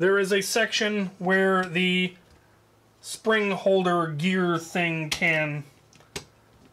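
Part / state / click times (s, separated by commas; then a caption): spring holder gear part into a toy blaster gearbox shell / seated / 6.2 s. Someone talks while a plastic spring holder gear part is lined up with the gears and pressed into position in the gearbox shell of a Vulcan toy blaster. After the talking, a faint tick comes at about 5.9 s, then a sharp plastic click at 6.2 s as the spring holder gear locks into place.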